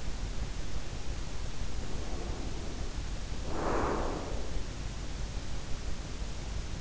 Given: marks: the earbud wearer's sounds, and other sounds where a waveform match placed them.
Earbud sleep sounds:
sounds in sleep by an in-ear microphone; breath
1.71-5.03 s: breath

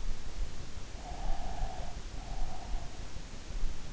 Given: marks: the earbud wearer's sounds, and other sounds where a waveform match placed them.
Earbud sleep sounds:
sounds in sleep by an in-ear microphone; breath
1.00-3.14 s: breath

